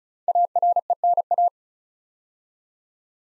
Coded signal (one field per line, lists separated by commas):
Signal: Morse code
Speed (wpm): 36 wpm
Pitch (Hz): 700 Hz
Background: none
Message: ARENA